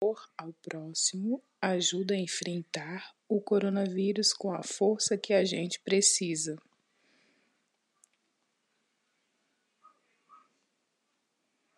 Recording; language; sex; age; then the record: spoken sentence; Brazilian Portuguese; female; 30 to 39 years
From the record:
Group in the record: control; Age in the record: 34 years